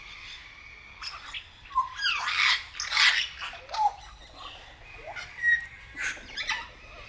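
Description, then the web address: Grey parrot squawks: repeated rough, noisy calls mixed with a few short whistled notes, coming in uneven bursts. Captive grey parrot at Nyíregyháza Zoo, 2019. "allathangok nyiregyhazizoo 2019 professzionalis jako papagaj hosszabban nyiregyhaza"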